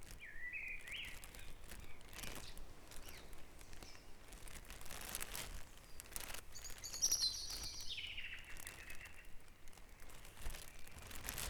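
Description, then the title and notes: Birdsong: a short chirping phrase near the start, then a higher, thin descending warble later, over steady background noise and scattered clicks. Dawn chorus at Back Dragon Avenue, Harrogate. "Dawn Chorus // Back Dragon Avenue, Harrogate. Sound Map Of Harrogate"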